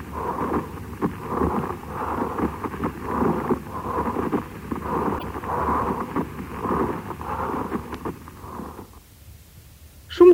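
Rough, scratchy bursts repeat steadily for about nine seconds over an adult's chest, like leather rubbing on leather, then the sound stops. This is a pleural friction rub. It occurs with inflamed pleura (dry pleurisy), urea crystal deposits in uremia, or tuberculous or cancerous pleural involvement.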